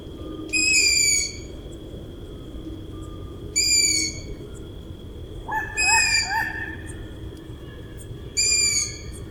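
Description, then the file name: Long-eared owl chicks utter piercing, harmonic-rich squeals every few seconds, joined once by a lower, wavering call; a constant high whine runs underneath. Calls of chicks and an adult female at the nest. "Ushastaya sova - Krik ptencov i samki u gnezda"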